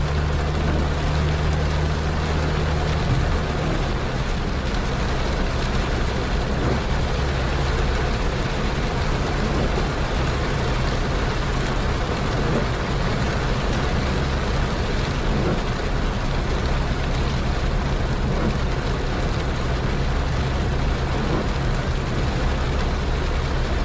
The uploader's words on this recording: Night driving in the rain with no talking or music in the background.